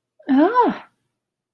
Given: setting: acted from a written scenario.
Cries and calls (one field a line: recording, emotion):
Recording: vocal sound without words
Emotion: negative surprise